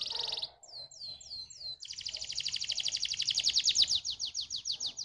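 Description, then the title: Atlantic canary song: a brief buzzy burst, four descending whistled notes, then a long rhythmic rolling trill. Belgian canary song played to warm up and stimulate canaries to sing, meant to make many canaries start singing quickly. "Canto Para Esquentar Canário Belga. SUARA MASTERAN AMPUH BANYAK BURUNG KENARI CEPAT BUNYI GACOR DENGAN SUARA KENARI INI"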